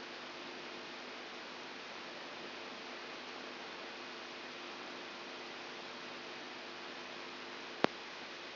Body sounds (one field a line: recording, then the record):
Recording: brain microelectrode recording played as sound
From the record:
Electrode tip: outside the subthalamic nucleus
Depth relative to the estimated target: -6 mm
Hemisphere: right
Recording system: AlphaMap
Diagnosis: Parkinson's disease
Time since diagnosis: 14 years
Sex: female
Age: 63 years